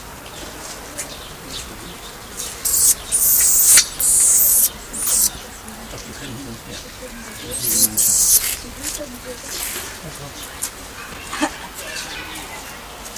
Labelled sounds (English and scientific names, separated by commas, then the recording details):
Siberian Weasel (Mustela sibirica) call
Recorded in captivity
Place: Tierpark Berlin, Berlin, DE
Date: 1999-07-31 14:21
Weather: fair, 26°C
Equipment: Sony WM-D6C, Sennheiser ME 80, Kopie Uher 4000 Report Monitor
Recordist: Tembrock, Günter